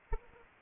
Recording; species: mosquito wingbeat signal from an infrared sensor; Anopheles arabiensis